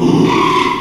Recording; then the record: squeal of a Yucatan mini pig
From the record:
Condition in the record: after surgery on the right vocal fold (resection and tissue-engineered implant); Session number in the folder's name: 1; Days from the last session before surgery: 6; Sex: male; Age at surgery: 12 weeks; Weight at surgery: 13 kg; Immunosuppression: cyclosporine, prednisolone